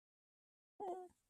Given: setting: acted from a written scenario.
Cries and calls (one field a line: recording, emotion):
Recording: vocal sound without words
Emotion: sadness